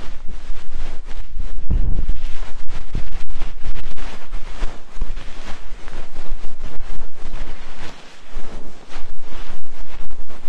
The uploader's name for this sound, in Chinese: 掏耳